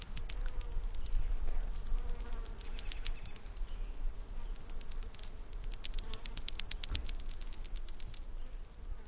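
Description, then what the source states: Cicadas singing: a steady high-pitched shimmering drone runs throughout, broken by bursts of rapid dry ticking clicks, heaviest in the second half. Several cicadas, recorded in July 2008.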